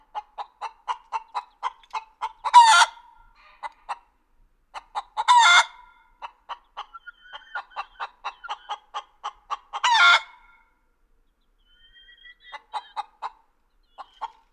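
Chicken clucks repeated in rapid runs, punctuated by three loud rasping squawks and a few thin higher notes between series.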